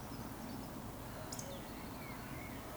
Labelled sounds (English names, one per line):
Eurasian Woodcock